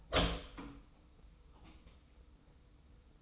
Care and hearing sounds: daily activity, microphone in the room; open door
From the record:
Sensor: 1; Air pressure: 990.5 hPa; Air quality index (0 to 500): 157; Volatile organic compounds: 1000 ppm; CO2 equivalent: 5707 ppm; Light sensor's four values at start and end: 33/74/32/35 and 33/74/32/34

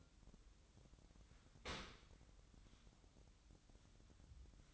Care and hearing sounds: daily activity, microphone in the room; open dishwasher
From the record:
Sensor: 3

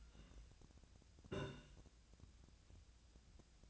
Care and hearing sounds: daily activity, microphone in the room; take from stove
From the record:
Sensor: 2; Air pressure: 1009.8 hPa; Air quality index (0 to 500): 180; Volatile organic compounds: 10 ppm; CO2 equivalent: 2257 ppm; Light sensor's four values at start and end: 31/77/33/37 and 31/77/33/37

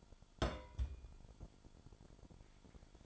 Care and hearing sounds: daily activity, microphone in the room; place on stove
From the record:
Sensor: 5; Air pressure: 1008.0 hPa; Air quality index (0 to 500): 109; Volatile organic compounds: 1 ppm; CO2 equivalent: 846 ppm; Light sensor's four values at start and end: 29/59/26/27 and 28/58/26/27

